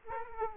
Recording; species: mosquito wingbeat signal from an infrared sensor; Aedes aegypti